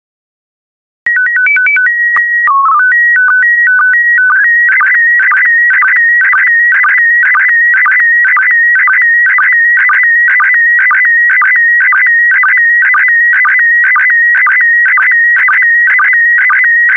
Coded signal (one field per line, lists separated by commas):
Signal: SSTV (slow-scan television)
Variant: PD 120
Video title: 131022 English Country Gardens SSTV PD120